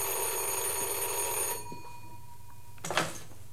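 An old telephone bell rings in one loud, bright metallic burst, then cuts off and lets its tone fade away, followed by a short clunk like a handset being lifted.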